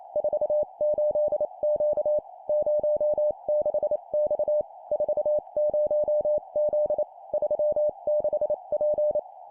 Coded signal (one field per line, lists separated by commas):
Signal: Morse code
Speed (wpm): 28 wpm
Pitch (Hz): 600 Hz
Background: none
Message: 48Q 06X 40Z 36P